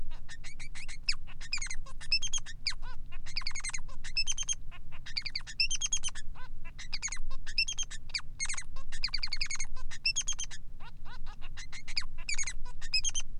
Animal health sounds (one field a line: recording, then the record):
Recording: song of a male Bengalese finch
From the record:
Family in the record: son of father 3